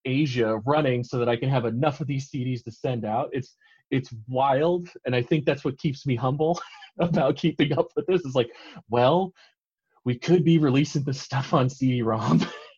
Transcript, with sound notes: Asia running so that I can have enough of these CDs to send out.” It’s wild, and I think that’s what keeps me humble [chuckle] about keeping up with this, it’s like, “Well, we could be releasing this stuff on CD-ROM.”